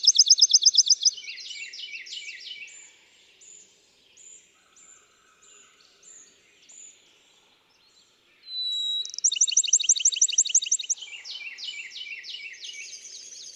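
Bachman's sparrow song: a fast, loud trill then softer buzzy trills; after faint chips, a second song near nine seconds begins with a clear whistled note, then a loud trill and buzzy phrases.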